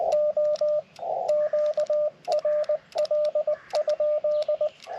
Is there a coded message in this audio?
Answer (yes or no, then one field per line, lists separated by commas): yes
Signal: Morse code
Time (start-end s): 0.1-4.7 s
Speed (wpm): 19 wpm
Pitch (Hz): 600 Hz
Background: radio noise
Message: O QRL?